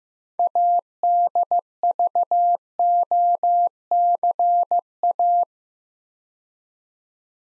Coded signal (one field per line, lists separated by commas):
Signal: Morse code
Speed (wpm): 15 wpm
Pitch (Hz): 700 Hz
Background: none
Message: ADVOCA